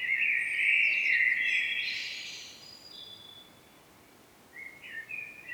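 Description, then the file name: Common blackbird calls with a bright, rapid chatter for about two seconds. It fades into quiet, then a few short notes return near the end. "Turdus merula"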